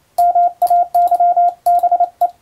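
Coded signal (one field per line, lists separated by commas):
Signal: Morse code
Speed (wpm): 28 wpm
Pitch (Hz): 700 Hz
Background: radio noise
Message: MAYBE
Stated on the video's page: Morse sent with a telegraph key by a first-class radiotelegraph operator during amateur radio contacts.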